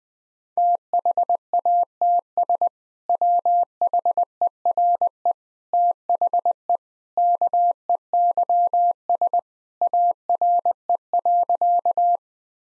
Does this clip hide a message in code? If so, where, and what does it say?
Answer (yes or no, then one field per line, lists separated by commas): yes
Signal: Morse code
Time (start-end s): 0.6-12.2 s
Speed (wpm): 21 wpm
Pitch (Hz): 700 Hz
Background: none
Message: THATS WHERE THE KEYS ARE.